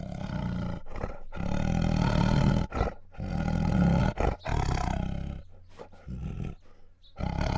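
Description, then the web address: Bengal tiger growling and snarling in long, deep, rasping bursts broken by short pauses, trailing off into quieter rumbles before a final louder burst. Female Bengal tiger growling and snarling. "Sound Ideas Tigers Sound Effects"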